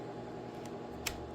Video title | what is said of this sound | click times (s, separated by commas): Hawksbill Rafting Knife | Oh yeah. Nice click in there. | 1.1 s